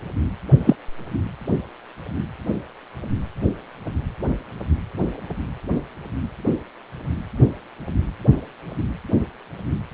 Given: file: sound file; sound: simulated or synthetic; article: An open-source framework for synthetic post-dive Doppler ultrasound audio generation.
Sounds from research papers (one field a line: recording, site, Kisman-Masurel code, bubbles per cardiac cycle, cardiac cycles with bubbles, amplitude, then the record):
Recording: Doppler ultrasound audio after a dive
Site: precordial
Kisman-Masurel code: 113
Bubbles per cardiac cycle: 1–2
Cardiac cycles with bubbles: 1–10%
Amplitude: loud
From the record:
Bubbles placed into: full cardiac cycles